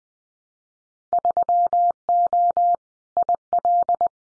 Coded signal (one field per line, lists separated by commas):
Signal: Morse code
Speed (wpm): 19 wpm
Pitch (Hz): 700 Hz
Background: none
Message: 3O IL